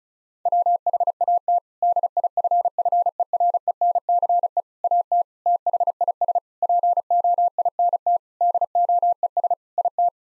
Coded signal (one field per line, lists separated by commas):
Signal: Morse code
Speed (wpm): 36 wpm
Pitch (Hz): 700 Hz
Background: none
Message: WHAT DIFFERENCE AT THIS POINT DOES IT